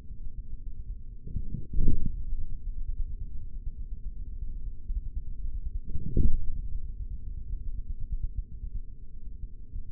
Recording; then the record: forearm muscle sounds (acoustic myography)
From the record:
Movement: forearm pronation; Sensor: system 3, bracelet of six PUI Audio POM-2738L microphones around the upper forearm, with dedicated amplification and filtering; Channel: 3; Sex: male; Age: 56 years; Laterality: right